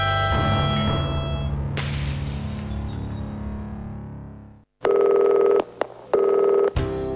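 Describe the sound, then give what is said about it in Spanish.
A resonant crash fades out, then a telephone sounds: brief dialing blips and loud, steady buzzing ring tones in two long bursts, with no voices. “Si querés llamarnos por teléfono”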